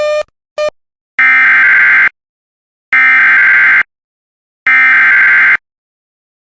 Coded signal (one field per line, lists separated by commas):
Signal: Emergency Alert System (SAME) tones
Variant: header bursts